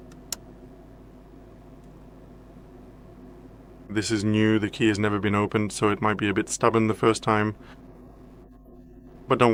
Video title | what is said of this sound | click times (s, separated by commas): MacBook Neo – How to Replace a Key | you should gently move your tool over to the other side and keep prying with a soft touch until you hear a clear click. | 0.3 s